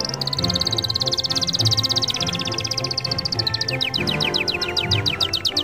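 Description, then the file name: Canary song: one sustained rapid trill that slowly drops in pitch, then slows into separate sharp notes near the end. Music sounds beneath. Canary song mixed with music. "suara kenari dan musik"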